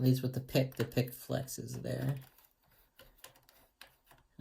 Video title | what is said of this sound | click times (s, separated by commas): Msi gp66 leopard 2021 disassembly for upgrades | it doesn't snap | none